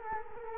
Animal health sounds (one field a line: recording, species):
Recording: mosquito wingbeat signal from an infrared sensor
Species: Culex quinquefasciatus